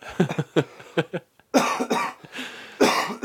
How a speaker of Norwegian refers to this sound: Ja, for hosteanfall.